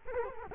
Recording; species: mosquito wingbeat signal from an infrared sensor; Culex quinquefasciatus